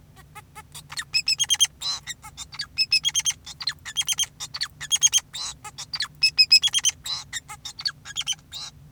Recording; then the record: song of a male Bengalese finch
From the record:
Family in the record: son of father 2, and himself father 4